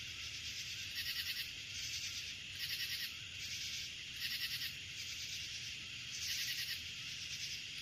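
Crickets calling in high, pulsed trills that swell in several short bursts over a constant shrill background hum.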